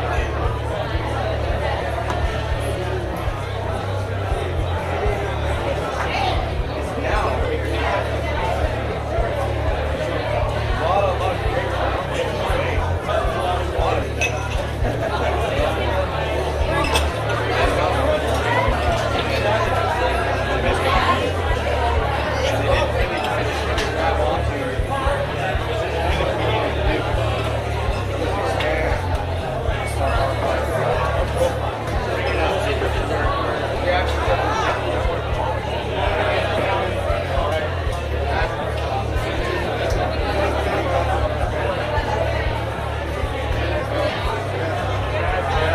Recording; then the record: background sound without coughing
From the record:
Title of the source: CITY SOUNDS Busy Bar in the Evening Night - 2 HOURS of Ambiance for Relaxation